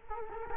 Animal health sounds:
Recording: mosquito wingbeat signal from an infrared sensor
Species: Culex quinquefasciatus

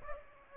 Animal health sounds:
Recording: mosquito wingbeat signal from an infrared sensor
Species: Aedes aegypti

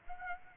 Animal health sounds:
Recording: mosquito wingbeat signal from an infrared sensor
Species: Aedes aegypti

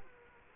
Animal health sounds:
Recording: mosquito wingbeat signal from an infrared sensor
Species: Culex quinquefasciatus

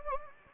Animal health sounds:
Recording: mosquito wingbeat signal from an infrared sensor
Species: Anopheles gambiae

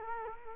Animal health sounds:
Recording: mosquito wingbeat signal from an infrared sensor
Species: Culex quinquefasciatus

